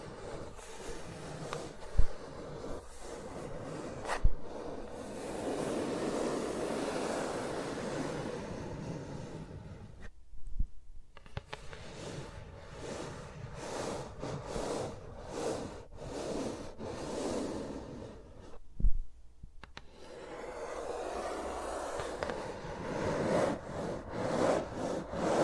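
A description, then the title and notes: Fingers rub and brush against microphones in a soft, dense rustling with no talking. The scratchy hiss swells and thins as the hands move, with sharp taps near 2, 4 and 19 seconds and brief near-silent gaps around 10 and 19 seconds. ASMR with Mics Around My Fingers (No Talking).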